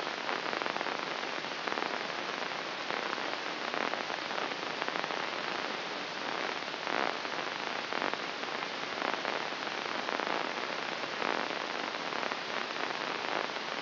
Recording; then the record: brain microelectrode recording played as sound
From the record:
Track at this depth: inside the subthalamic nucleus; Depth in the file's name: 2.335 mm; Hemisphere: left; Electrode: 3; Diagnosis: Parkinson's disease